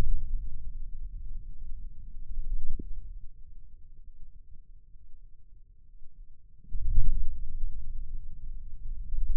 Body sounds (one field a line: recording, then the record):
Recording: forearm muscle sounds (acoustic myography)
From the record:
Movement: wrist flexion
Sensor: system 2, bracelet of six BSWA MPA416 microphones around the upper forearm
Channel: 6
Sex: male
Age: 22 years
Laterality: right